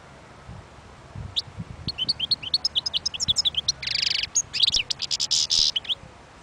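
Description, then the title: European goldfinch song, rapid liquid twittering notes with harsh buzzy bursts near the middle and end, over quiet low background noise. Wild bird. "اجمل غناءالحسون الخلويchant chardonneret sauvage"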